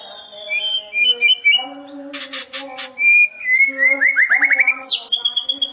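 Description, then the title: White-rumped shama song of clear whistled phrases, a few harsh rasps, then a rapid rising series of notes ending in a high whistle. "murai batu"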